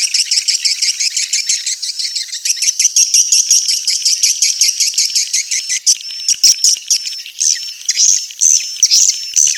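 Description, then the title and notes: Swiftlet twitter: rapid, pulsing high chirps, with clear whistled notes showing through later as the bursts grow more spaced. Swiftlet sound used for swiftlet farming in Asia. "Swiflet Bird Sound. Farming Swiflet Bird asia sound"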